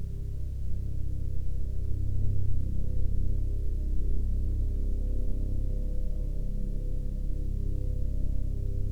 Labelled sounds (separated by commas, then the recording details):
aircraft
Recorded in the Prudhoe Bay oil fields, Alaska, on 20 May 2021 at 15:37
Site 13